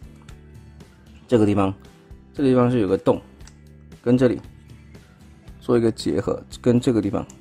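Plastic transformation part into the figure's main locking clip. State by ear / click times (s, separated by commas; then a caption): not seated / none. Someone talks over background music while transforming a plastic Transformers Studio Series 86 Voyager Class Scourge figure, lining a peg up with a hole and pressing a part toward the figure's main locking clip. Only faint handling ticks are heard, and nothing has seated or clicked into the clip yet.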